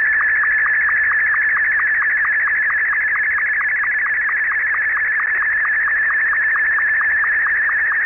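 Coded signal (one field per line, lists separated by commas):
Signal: SSTV (slow-scan television)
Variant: Martin 2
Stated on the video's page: Signal received in Manchester UK on 14.230 MHz alongside SSTV reception.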